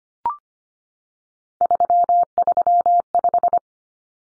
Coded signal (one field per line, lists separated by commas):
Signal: Morse code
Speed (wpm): 25 wpm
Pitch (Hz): 700 Hz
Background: none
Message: 335